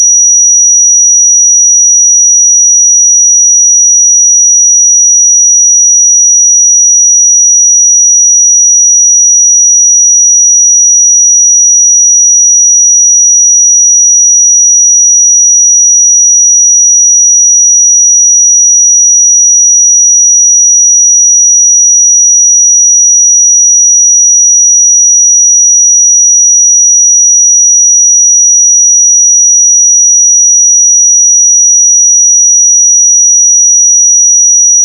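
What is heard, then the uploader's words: A pure sine tone at 5810 Hz holds perfectly steady for the full 35 seconds, a single thin, bright, high whistle. Its loudness never changes, and there are no breaks, wavering, or background sounds around it. 5810 Hz 1 Hz Interval Sine Pure Tone Frequency 441000 Sample Mono.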